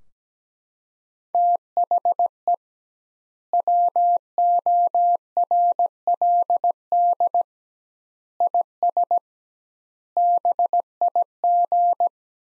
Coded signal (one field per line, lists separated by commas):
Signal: Morse code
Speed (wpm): 17 wpm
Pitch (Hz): 700 Hz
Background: none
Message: THE WORLD IS BIG